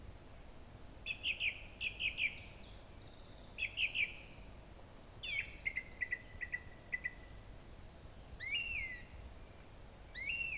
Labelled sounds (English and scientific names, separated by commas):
Song Thrush (Turdus philomelos) song